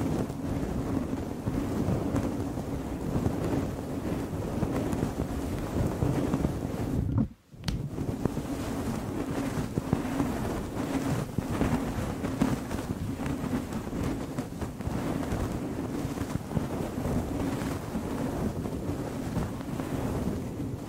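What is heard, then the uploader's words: Gentle scratching and swirling against a microphone, a dense, steady rumble of soft rubbing and brushing strokes that keeps going with little change. The sound sits low, with a faint hiss above. Just past seven seconds it cuts out briefly to near silence, then resumes. ASMR Gentle Mic Scratching and Swirling for a DEEP SLEEP.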